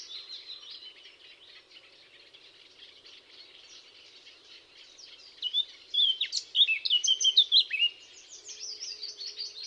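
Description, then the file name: Eurasian blackcap song: several seconds of soft, scratchy subdued twittering, then a loud, clear fluty flourish of rapid notes before fading back to quiet chatter. "Sylvia atricapilla"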